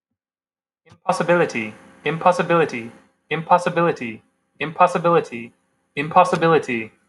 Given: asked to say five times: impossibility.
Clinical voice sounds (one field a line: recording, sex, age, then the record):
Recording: repeated word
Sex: male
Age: 30 to 39 years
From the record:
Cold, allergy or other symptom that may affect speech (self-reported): no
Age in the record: 34 years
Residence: California, United States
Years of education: 18